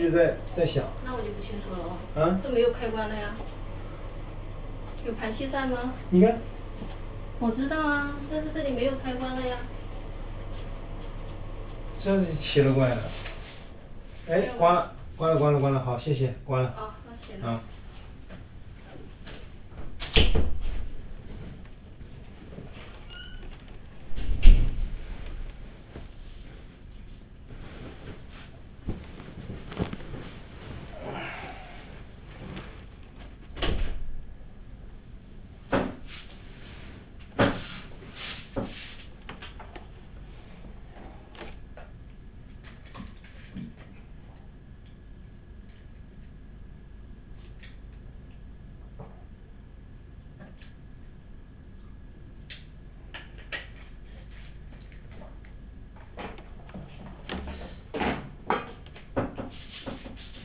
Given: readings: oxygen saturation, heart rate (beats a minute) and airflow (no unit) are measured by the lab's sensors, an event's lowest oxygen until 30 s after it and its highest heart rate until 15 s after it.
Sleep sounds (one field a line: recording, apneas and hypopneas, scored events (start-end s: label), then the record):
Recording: a person awake in a sleep study, by a smartphone at the bedside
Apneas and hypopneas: none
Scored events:
0.00-60.45 s: awake
From the record:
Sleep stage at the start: awake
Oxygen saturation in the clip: 95 to 97%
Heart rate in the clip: 53 to 71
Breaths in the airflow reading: 17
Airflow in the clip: -12.4 to 10.3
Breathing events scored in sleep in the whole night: 207 in 7.6 hours asleep